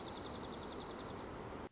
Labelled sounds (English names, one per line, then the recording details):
Dark-eyed Junco
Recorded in Sonoma County, California